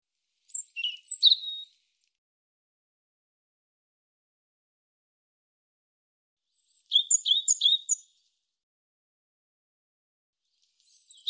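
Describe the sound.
European robin giving short, high-pitched jumbled phrases of quick notes, spaced several seconds apart with silence between them.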